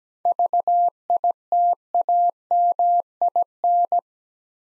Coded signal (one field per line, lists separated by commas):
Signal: Morse code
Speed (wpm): 17 wpm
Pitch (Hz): 700 Hz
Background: none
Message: VITAMIN